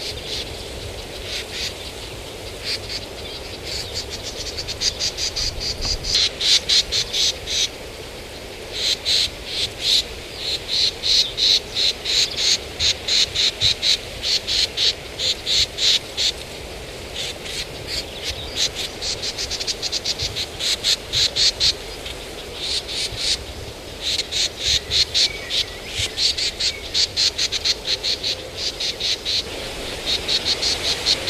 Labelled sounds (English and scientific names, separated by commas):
Eurasian Reed Warbler (Acrocephalus scirpaceus) call